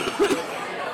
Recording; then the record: coughing mixed with background sound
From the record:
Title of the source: 64 coughing, allergies, singing lungs